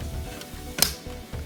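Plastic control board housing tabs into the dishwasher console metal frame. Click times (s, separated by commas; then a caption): 0.8 s. The plastic control board housing of a Bosch dishwasher console, reassembled after a solder repair for not drying, is pushed into its metal frame until its retaining tabs snap in. A sharp, bright click at 0.8 s stands out over a low, steady background. The tabs are seated.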